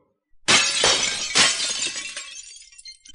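A loud, bright shattering crash as light shields, frozen into glittering ice by blue flame, are cut apart by a giant sword; it hits suddenly and bursts again a moment later, then trails off into scattered tinkling fragments. No one speaks.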